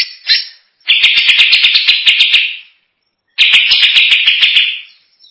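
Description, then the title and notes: Greater green leafbird song given as two long buzzy, rattling phrases of rapid clicks over a bright high tone, separated by a short silence. Champion singing bird. "Kicau Burung Cucak Ijo Juara. Suara kicauan burung cucak ijo"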